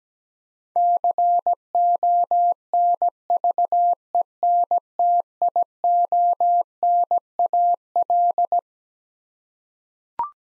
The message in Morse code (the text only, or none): CONVENTIONAL